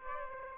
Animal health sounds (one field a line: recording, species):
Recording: mosquito wingbeat signal from an infrared sensor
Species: Aedes aegypti